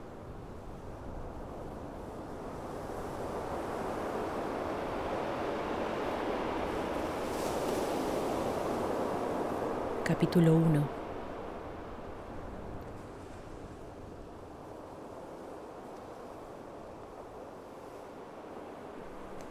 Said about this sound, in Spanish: En Mar del Plata siempre suena el mar.